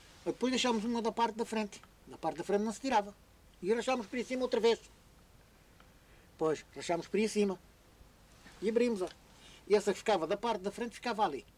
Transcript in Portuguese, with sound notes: Depois deixávamos uma da parte da frente – na parte da frente não se tirava – e rachávamos por aí acima outra vez. [pausa] Pois. Rachávamos por aí acima e abríamo-la. E essa que ficava da parte da frente ficava ali.